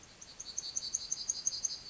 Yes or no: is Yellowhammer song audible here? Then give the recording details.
yes. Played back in forest. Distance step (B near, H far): E. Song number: 143